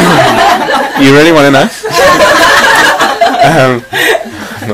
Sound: laughter

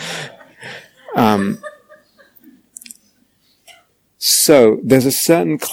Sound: laughter

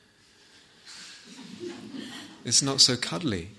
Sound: laughter

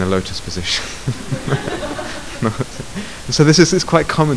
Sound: laughter

